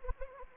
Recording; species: mosquito wingbeat signal from an infrared sensor; Anopheles arabiensis